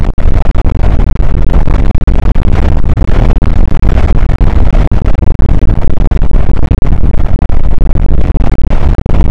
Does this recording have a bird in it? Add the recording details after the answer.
no. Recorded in the Prudhoe Bay oil fields, Alaska, on 8 May 2019 at 00:03. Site 24